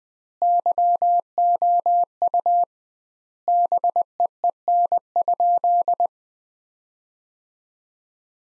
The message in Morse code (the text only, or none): YOU BEEN?